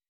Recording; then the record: hydrophone in a shrimp aquaculture tank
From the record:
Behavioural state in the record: weakened